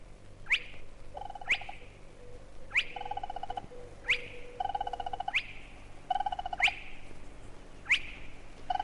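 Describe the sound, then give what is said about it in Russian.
A spotted crake (marsh hen) gives its low, abrupt whistle at night on the outskirts of a town, calling from one ditch and then another as it walks through the town: a sharp whip-like note repeated about eight times at a steady one-per-second pace, with short buzzy rattling trills between calls over a faint low rumble. “Это шел через город погоныш, болотная курочка.”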